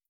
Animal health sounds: hydrophone in a shrimp aquaculture tank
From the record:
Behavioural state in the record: starved

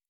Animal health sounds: hydrophone in a shrimp aquaculture tank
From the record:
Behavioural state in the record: normal

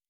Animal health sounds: hydrophone in a shrimp aquaculture tank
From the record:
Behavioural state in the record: normal

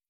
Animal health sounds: hydrophone in a shrimp aquaculture tank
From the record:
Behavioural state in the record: feeding

